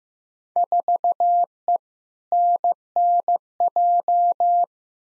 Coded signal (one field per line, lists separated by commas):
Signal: Morse code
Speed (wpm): 16 wpm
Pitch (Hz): 700 Hz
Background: none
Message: 4E NNJ